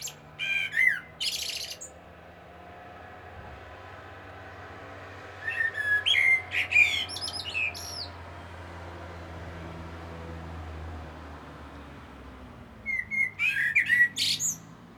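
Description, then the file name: Common blackbird singing three separated phrases, each fluted whistles mixed with scratchy high twitters, with quiet pauses of several seconds between. "Turdus merula"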